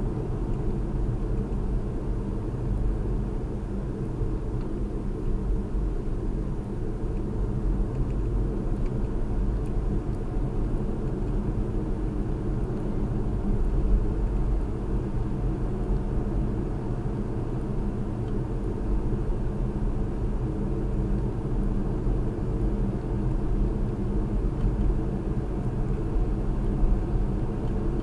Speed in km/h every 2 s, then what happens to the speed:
52, 48, 48, 48, 52, 53, 55, 56, 56, 55, 55, 55, 56, 58.
0-6 steady at about 48. 6-14 speeds up to 56. 14-28 steady at about 56.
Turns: none.